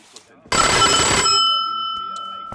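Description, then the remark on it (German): A doorbell rings once, loud and abrupt, with a harsh metallic burst that settles into a clear, steady high tone slowly fading away. “Türklingel. Was auch sonst.”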